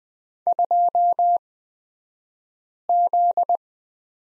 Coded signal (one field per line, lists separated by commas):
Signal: Morse code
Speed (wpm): 20 wpm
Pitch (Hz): 700 Hz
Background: none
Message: 2Z